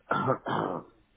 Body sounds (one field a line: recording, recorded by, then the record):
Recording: voluntary cough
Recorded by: telephone call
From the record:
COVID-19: positive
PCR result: checked with the laboratory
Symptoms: yes